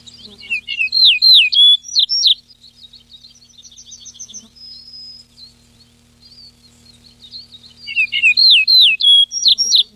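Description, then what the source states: Yellow-breasted bunting song: loud phrases of swooping, slurred whistles at the start and end, with softer high twittering and a thin drawn-out whistle between them. Recorded 14 July 2006.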